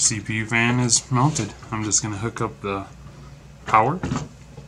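Someone talks while handling the CPU fan's power cable connector, pushing it toward the fan header on an ASRock H110 motherboard after the CPU heatsink and fan have been mounted. Only speech and faint handling are heard, and the clip ends before the connector goes home, so nothing has seated or clicked yet.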